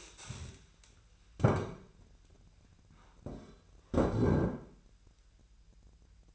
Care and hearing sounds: daily activity, microphone in the room; stand up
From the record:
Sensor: 2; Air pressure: 1001.7 hPa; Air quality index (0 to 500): 241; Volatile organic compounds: 75 ppm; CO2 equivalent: 3564 ppm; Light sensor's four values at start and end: 9/22/9/10 and 8/18/7/8

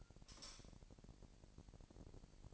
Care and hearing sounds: daily activity, microphone in the room; light off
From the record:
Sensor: 5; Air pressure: 1002.0 hPa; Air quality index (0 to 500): 227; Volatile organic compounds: 30 ppm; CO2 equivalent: 2957 ppm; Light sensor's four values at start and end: 15/37/15/16 and 15/35/14/16

